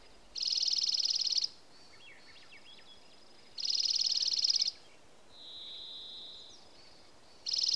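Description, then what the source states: Dark-eyed junco singing fast, even, high trills about a second long, repeated every three seconds or so; a separate steady whistled tone and faint chips between them. Alaska, 24 May 2026, 03:24:35.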